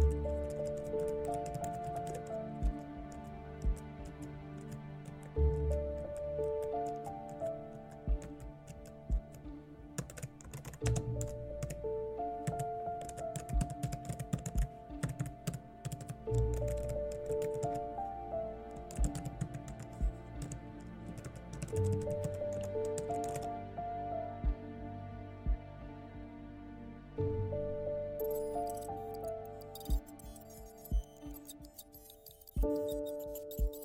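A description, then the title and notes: Hacker room ambience: a steady low hum with layered droning tones runs throughout, under quick, irregular clicks like keyboard typing. The tapping comes in busy bursts, thins out briefly around the middle, then returns, with a few sharper taps near the end. Hacker room ambience | cyber crime | computer hacking | Mysterious suspense vibes.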